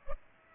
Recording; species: mosquito wingbeat signal from an infrared sensor; Culex pipiens